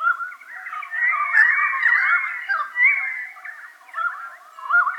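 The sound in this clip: Pied currawong giving mellow gurgling, warbled whistles with slurred rising and falling notes in a steady flowing stream.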